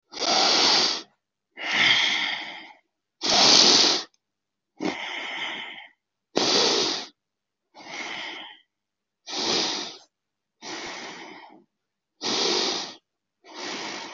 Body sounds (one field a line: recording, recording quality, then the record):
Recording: deep breathing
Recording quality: excellent, no background noise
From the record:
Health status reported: healthy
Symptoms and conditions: none ticked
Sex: male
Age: 27 years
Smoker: not ticked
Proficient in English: yes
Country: India